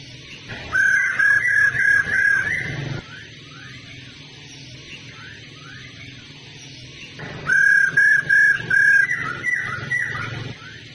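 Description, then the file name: Laughingthrush whistled phrases, each several ringing notes in a row with softer slurred notes trailing off, repeated after a pause of about four seconds. Female bird; sound used to stimulate male birds to sing. "Tieng khuou mai ro kich trong hot"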